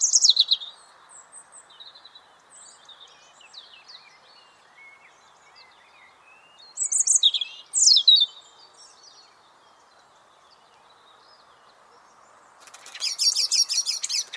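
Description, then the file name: European robin song: scattered high, thin warbling notes, two louder bursts midway, then a dense high trilled phrase near the end, with steady background hiss. "Erithacus rubecula"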